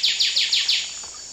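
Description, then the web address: Buff-rumped warbler: five loud, rapid, downslurred notes in quick succession. Recorded in the eastern lowlands of South America. "Natures Songs S America Eastern Lowlands Buff-rumped Warbler"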